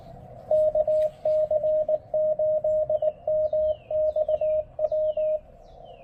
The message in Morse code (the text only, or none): KC8MXW